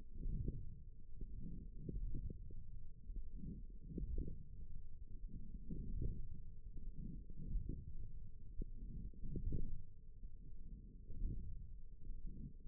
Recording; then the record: forearm muscle sounds (acoustic myography)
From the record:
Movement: wrist extension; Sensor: system 1, eight BSWA MPA416 microphones around the upper forearm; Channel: 4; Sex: female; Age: 20 years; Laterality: right